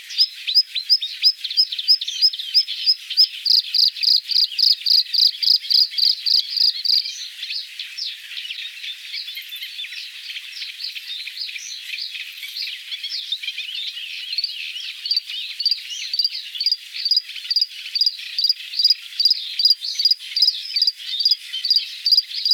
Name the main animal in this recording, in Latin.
Luscinia svecica